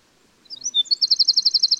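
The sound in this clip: Winter wren song, short high notes followed by a steady, rapidly pulsed trill that runs to the end.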